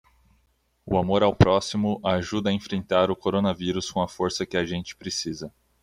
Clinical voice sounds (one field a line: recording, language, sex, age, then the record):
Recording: spoken sentence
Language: Brazilian Portuguese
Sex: male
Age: 20 to 29 years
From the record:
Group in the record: control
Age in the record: 24 years